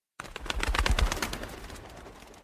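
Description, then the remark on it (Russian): A speckled carrier pigeon in a small square cage coos low and throaty amid a burst of fluttery, rustling pulses, loudest in the first second and then tapering off, with no voices. “Август отдал слуге квадратную клетушку с пестрым почтовым голубем”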